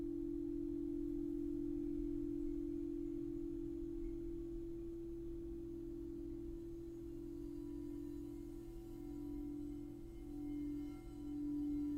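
A crystal singing bowl sustains one pure, steady tone that rings without a break for the whole twelve seconds. The note wavers slightly in pitch and loudness in the second half, and a low hum sits beneath it with faint higher overtones above.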